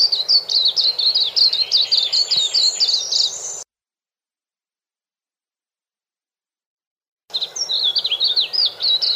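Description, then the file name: White-eye: high, hurried twittering song, notes tumbling over one another; a long silent gap splits two bursts of chattering phrases. "suara kicauan burung kacamata perak. omkicau"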